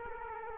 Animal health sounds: mosquito wingbeat signal from an infrared sensor; Culex quinquefasciatus

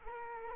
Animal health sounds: mosquito wingbeat signal from an infrared sensor; Culex quinquefasciatus

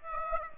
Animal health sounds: mosquito wingbeat signal from an infrared sensor; Aedes aegypti

